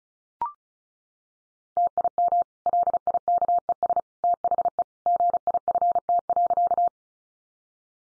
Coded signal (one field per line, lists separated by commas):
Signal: Morse code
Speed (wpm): 34 wpm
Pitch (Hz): 700 Hz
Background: none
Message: TIM LIKES THE GIFT.